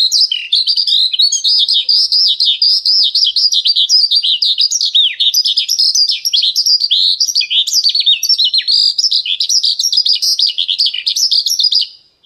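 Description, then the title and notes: Bird song, an unbroken torrent of fast, high warbling notes and sharp chirps, delivered at a steady pace almost throughout. Birdsong recording used to train (master) pet birds. "Suara Burung. Suara Kicauan Burung untuk memaster burung kesayangan"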